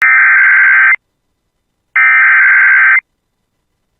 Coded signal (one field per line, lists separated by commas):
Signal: Emergency Alert System (SAME) tones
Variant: header bursts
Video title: [EAS] Severe Thunderstorm Warning for Beltrami County and Just West of Bemidji (7/27/25)